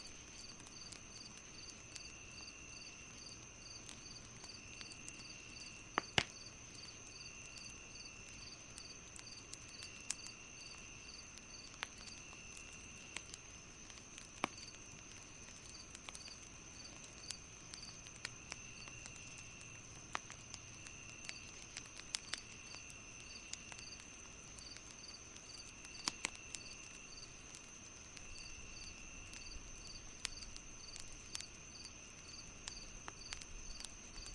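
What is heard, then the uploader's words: Crickets sing without pause, a steady high shrill with a faster pulsing chirp layered above it. Through it, a fire crackles with sparse dry snaps, and sharper pops stand out every few seconds, around six, twenty and twenty-six seconds. The Most Relaxing Fire Burning Crackling Sounds & Singing Crickets On A Cozy Night. The gentle crackling of firewood filling the air. Can you hear the crickets chirp in the distance, adding a rhythmic pulse to the night ?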